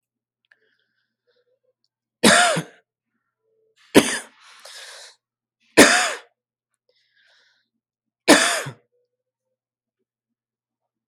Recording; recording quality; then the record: heavy voluntary cough; excellent, no background noise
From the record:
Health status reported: COVID-19 positive, no symptoms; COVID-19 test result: positive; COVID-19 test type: RT-PCR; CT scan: not taken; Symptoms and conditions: cold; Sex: male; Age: 40 years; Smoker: no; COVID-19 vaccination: both doses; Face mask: not worn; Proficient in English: yes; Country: India